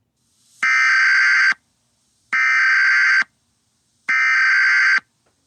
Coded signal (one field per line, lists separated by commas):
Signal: Emergency Alert System (SAME) tones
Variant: header bursts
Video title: EAS Scenario The Tower of Power